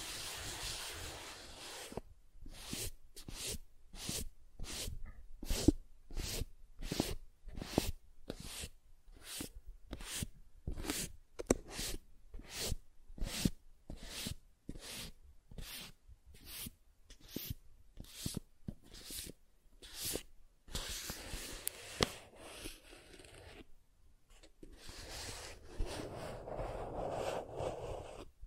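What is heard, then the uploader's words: Soft tracing on a surface, heard as a run of short, even strokes, about one every second and steady in rhythm from roughly two to twenty-one seconds. Longer, smoother rubbing sweeps open and close the clip. ASMR Soft Tracing on Smooth and Rough Surfaces (No Talking).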